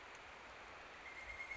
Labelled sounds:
Pileated Woodpecker (Dryocopus pileatus)

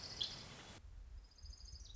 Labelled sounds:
Orange-crowned Warbler (Leiothlypis celata)

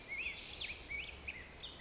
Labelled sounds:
Black-headed Grosbeak (Pheucticus melanocephalus)

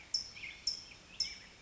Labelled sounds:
California Towhee (Melozone crissalis)

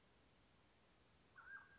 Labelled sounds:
Mountain Quail (Oreortyx pictus)

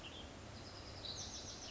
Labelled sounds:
Western Tanager (Piranga ludoviciana)

